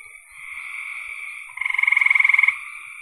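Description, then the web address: Frog call: one loud, fast-pulsed rattling burst lasting about a second, rising out of a continuous background of quieter high-pitched frog trills. "cn frogs"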